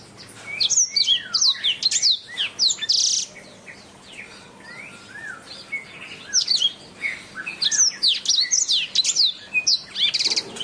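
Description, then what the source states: Oriental magpie-robin song: rapid, varied whistled notes, sweeping up and down and delivered in dense phrases, with a quieter, sparser spell midway. Song from a recording over an hour long.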